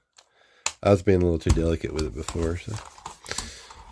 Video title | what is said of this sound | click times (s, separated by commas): Playmobil BTTF DELOREAN (PLAYMOBIL SET #70317) REVIEW - Back to the Future Toy Vehicle | you can hear them snap in place | 0.7 s